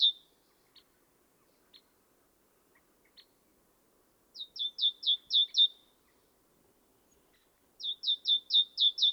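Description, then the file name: Great tit with scattered single high notes at first, then two brisk runs of six descending notes separated by a short pause. "Parus major"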